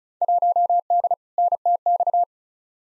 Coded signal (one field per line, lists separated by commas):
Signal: Morse code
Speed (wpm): 36 wpm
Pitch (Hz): 700 Hz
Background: none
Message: 1D NTX